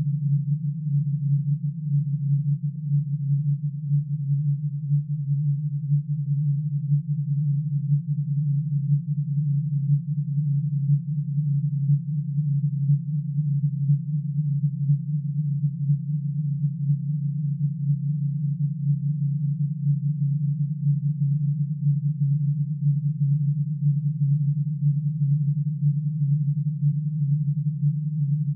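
A binaural tone: one steady, low, pure hum held unchanged at an even level for the whole half minute, with nothing else audible.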